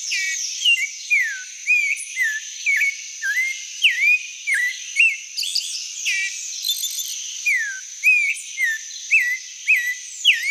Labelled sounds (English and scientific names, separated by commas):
Clay-colored Thrush (Turdus grayi) song